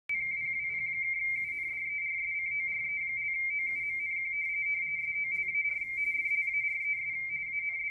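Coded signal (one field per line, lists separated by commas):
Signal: RTTY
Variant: W1AW bulletin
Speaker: and this is um w1aw's radio teletype broadcast they have several digital notes that the cycle through in a week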